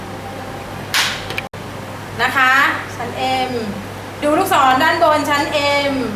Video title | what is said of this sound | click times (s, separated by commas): ตู้ลิ้นชัก รุ่นบี56 วิธีประกอบตู้ ขนาด C8 | กดลงไปให้ได้สัญญาณนะคะดังแก๊กเลยค่ะ | 0.9 s, 1.4 s